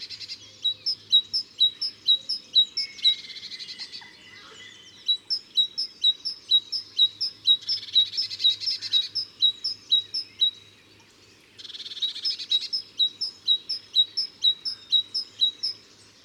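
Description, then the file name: Great tit calling in bright, high two-note phrases repeated about twice a second, in three long bouts separated by short pauses. "Parus major"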